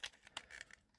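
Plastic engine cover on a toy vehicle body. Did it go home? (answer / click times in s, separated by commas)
yes / 0.4 s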